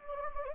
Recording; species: mosquito wingbeat signal from an infrared sensor; Anopheles gambiae